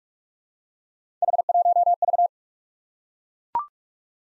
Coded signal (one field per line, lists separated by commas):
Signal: Morse code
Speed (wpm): 44 wpm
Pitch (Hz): 700 Hz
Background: none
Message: H1V